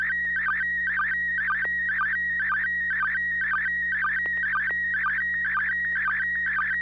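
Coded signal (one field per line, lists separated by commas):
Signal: SSTV (slow-scan television)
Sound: warbling tone around 2 kHz with a rhythmic chirp-dip twice a second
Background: low hum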